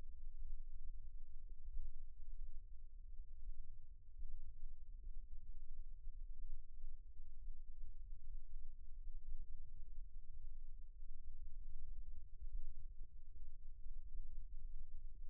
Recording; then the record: forearm muscle sounds (acoustic myography)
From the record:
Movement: rest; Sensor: system 1, eight BSWA MPA416 microphones around the upper forearm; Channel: 6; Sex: male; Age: 54 years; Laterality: right